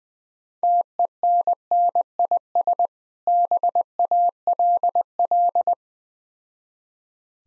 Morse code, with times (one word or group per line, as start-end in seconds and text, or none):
0.6-2.9 TENNIS
3.3-5.7 BALL